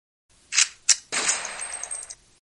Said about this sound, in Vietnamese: Phát súng nổ ra, A Thụy ngã gục xuống dưới nền nhà.